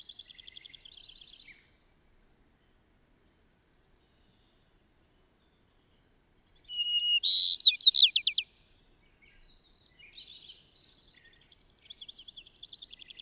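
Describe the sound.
Bird song: a high twittering phrase, then a pause, a loud burst of rapid trilled notes, and more soft chirps and warbles.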